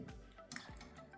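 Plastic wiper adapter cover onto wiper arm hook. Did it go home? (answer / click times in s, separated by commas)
yes / 0.5 s, 0.6 s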